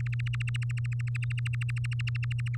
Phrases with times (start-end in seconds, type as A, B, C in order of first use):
0.00-2.56 A